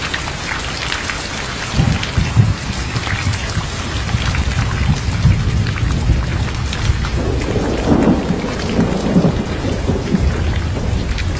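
A thunderstorm with steady, dense rain hissing throughout and many fine drop ticks. Low rumbles of thunder swell around two seconds and again from about seven to ten seconds, the later roll fuller and longer.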